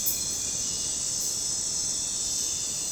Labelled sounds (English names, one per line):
none